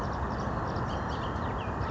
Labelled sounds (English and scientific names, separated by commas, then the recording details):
Bullock's Oriole (Icterus bullockii)
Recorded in Sonoma County, California